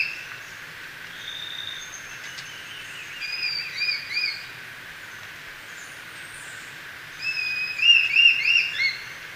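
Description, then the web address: Brown-billed scythebill song: two short bursts of quick, high, wavering whistled notes, the second louder. Recorded in Ecuador. "Birds of Ecuador. Brown-billed Scythebill"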